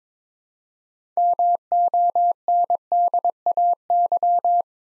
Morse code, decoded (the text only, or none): MONDAY